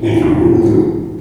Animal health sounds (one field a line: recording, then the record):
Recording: squeal of a Yucatan mini pig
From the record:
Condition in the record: before surgery on the right vocal fold (resection and tissue-engineered implant)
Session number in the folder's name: 2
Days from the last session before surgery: -15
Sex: female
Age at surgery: 19 weeks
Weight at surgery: 25 kg